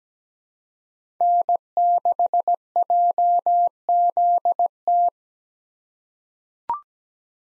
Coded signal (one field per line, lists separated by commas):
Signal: Morse code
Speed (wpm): 17 wpm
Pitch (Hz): 700 Hz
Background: none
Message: N6JZT